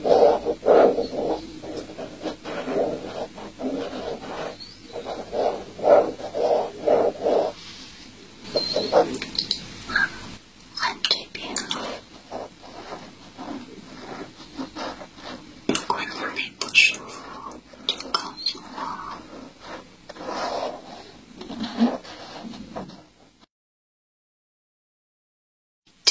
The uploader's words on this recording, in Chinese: 双声道。擦拭眼睛刀刮脏东西 滴眼药水按摩眼部。